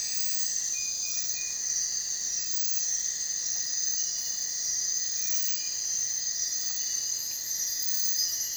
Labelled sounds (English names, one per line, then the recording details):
none
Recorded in dense forest near Puerto Asís, Putumayo, Colombia, on 23 June 2025 at 03:00
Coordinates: 0.468, -76.322
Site GP03